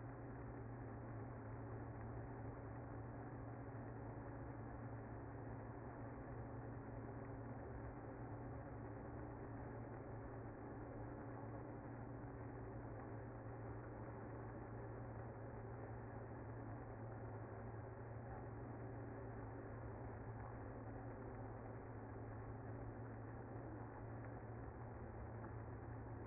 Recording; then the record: honeybee colony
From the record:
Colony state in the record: active